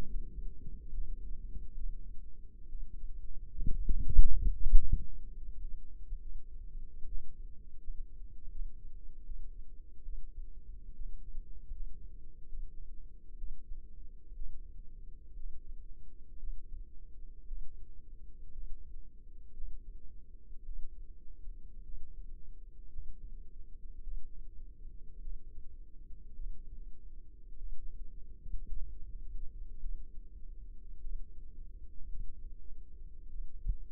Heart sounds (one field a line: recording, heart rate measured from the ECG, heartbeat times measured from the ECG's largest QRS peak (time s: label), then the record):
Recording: heart sounds by microphone in the left ear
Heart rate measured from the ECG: 61 bpm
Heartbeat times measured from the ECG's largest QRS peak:
0.03 s: heartbeat
0.89 s: heartbeat
1.75 s: heartbeat
2.68 s: heartbeat
3.64 s: heartbeat
4.55 s: heartbeat
5.36 s: heartbeat
6.21 s: heartbeat
7.06 s: heartbeat
7.79 s: heartbeat
8.51 s: heartbeat
9.25 s: heartbeat
10.04 s: heartbeat
10.95 s: heartbeat
11.71 s: heartbeat
12.48 s: heartbeat
13.37 s: heartbeat
14.35 s: heartbeat
15.35 s: heartbeat
16.38 s: heartbeat
17.47 s: heartbeat
18.52 s: heartbeat
19.53 s: heartbeat
20.64 s: heartbeat
21.83 s: heartbeat
22.88 s: heartbeat
24.02 s: heartbeat
25.21 s: heartbeat
26.35 s: heartbeat
27.57 s: heartbeat
28.70 s: heartbeat
29.79 s: heartbeat
31.00 s: heartbeat
32.09 s: heartbeat
33.29 s: heartbeat
From the record:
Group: healthy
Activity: rest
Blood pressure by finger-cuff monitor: 97/60 mmHg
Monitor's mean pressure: 71 mmHg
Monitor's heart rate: 61 bpm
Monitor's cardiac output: 5.3 L/min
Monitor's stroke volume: 83 mL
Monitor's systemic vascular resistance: 940 dyn s/cm5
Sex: female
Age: 28 years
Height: 170 cm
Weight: 77 kg